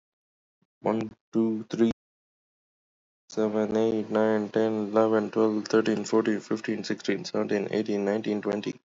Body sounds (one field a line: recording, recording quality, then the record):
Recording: counting at a normal pace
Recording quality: poor, much background noise or distortion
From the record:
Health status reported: healthy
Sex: male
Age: 29 years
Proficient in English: yes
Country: India